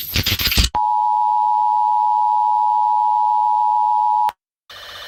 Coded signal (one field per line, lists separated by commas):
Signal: Emergency Alert System (SAME) tones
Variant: 853 and 960 Hz attention tone